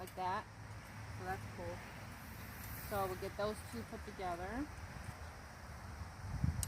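Someone talks while handling a pair of Outsunny greenhouse metal frame tubes, lining up one with a spring button to fit into its mating tube. A brief sharp sound comes at 6.6 s as the clip ends, but nothing has seated or clicked yet.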